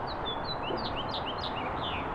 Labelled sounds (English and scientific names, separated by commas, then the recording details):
House Finch (Haemorhous mexicanus) song
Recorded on Long Island, New York, on 8 April 2011
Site BN
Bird D